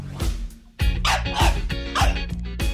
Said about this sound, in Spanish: Porque un ladrido te puede cambiar la vida.